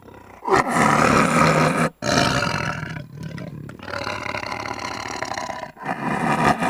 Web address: tiger growl